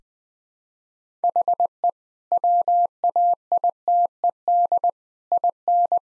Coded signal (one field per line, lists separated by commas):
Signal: Morse code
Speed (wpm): 20 wpm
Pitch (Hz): 700 Hz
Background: none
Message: HE WAITED IN